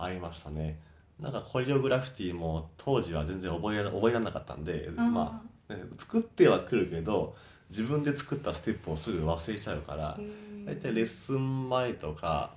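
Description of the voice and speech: An adult man, a fitness instructor who has stuttered since early childhood and whose father also stutters, speaks Japanese at a moderate pace, mostly fluently, with one repeated word start, a few drawn-out sounds and short hesitant pauses. These are mild stuttering disfluencies: repetitions and prolongations that interrupt the flow of speech.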